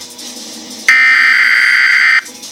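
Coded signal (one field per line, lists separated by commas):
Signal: Emergency Alert System (SAME) tones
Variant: header bursts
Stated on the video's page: Fictional EAS scenario about a hypercane.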